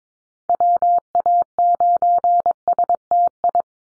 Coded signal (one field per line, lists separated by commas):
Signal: Morse code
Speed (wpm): 22 wpm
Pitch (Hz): 700 Hz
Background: none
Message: WA9STI